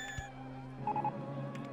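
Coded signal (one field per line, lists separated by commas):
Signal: none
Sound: game's construction beeps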